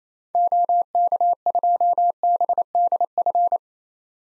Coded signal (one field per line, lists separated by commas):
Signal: Morse code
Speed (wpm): 28 wpm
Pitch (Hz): 700 Hz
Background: none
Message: OK2BDF